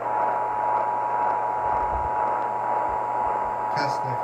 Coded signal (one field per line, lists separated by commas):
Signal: Emergency Alert System (SAME) tones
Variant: 853 and 960 Hz attention tone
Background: speech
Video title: Storms & Fires - EAS Alerts From 3/4/26 - 3/8/26 (EAS #5148-5158)